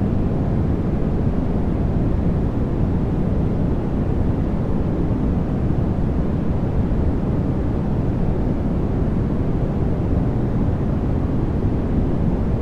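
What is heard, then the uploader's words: A deep, steady noise holds at constant loudness for the full thirteen seconds, with no events or changes. Its weight sits in the low and lower-middle range, a dense rumbling hiss like an engine, while the higher tones are soft and rolled off. Deep White Noise.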